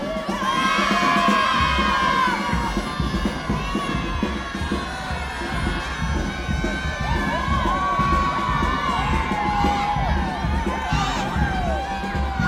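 Children in a parade cheer and shout in a dense, unbroken mass of voices for the full twelve seconds. High shrieks and whistle-like calls rise above the crowd around one, eight and ten seconds, over a steady low rumble.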